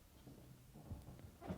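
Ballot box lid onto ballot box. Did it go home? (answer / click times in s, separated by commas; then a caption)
no / none. A plastic or cardboard ballot box lid is held above the ballot box and lined up so the paper slot is on the same side as the number. Soft handling sounds are heard, with one light knock at about 1.2 s. Nothing has been folded or clicked into the centre grooves yet.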